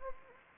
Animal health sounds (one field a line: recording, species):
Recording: mosquito wingbeat signal from an infrared sensor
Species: Anopheles gambiae